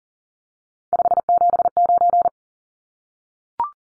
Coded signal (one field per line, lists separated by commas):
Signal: Morse code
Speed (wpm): 40 wpm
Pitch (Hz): 700 Hz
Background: none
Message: 579